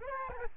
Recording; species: mosquito wingbeat signal from an infrared sensor; Aedes albopictus